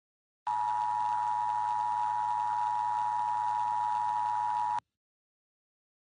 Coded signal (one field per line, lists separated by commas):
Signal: Emergency Alert System (SAME) tones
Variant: 853 and 960 Hz attention tone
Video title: EAS SCENARIO: RUN.